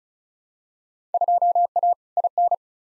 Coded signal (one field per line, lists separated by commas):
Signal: Morse code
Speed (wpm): 36 wpm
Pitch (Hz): 700 Hz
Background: none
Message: 2A IN